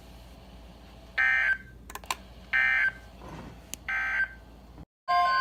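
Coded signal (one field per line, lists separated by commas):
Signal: Emergency Alert System (SAME) tones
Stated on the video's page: Severe thunderstorm watches and warnings and a flash flood warning, recorded from NOAA Weather Radio station in Columbus, Ohio.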